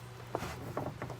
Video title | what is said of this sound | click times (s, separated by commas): Setting up the Pace Edwards Switchblade Retractable Hard Tonneau Cover on a 2022 Chevrolet Colorado | what I'm going to do is pop this into position on the canister | 0.4 s